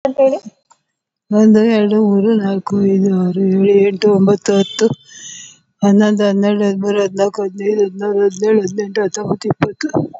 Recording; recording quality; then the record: counting at a normal pace; excellent, no background noise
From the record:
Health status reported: COVID-19 positive, moderate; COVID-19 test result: positive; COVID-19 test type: RT-PCR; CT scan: not taken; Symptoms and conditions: cough, breathing difficulty, fatigue, asthma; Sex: female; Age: 60 years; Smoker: no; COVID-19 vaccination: both doses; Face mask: not worn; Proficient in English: yes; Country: India